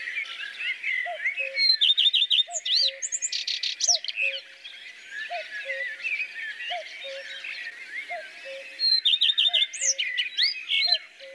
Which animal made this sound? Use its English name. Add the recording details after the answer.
Common Redstart. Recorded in the wild. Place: Oberrotweil am Kaiserstuhl, Baden-Württemberg, DE. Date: 1982-05-08. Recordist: Schwarz, Dieter. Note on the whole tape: Song